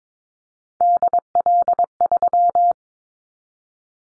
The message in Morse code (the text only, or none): DL3